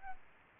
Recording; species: mosquito wingbeat signal from an infrared sensor; Aedes albopictus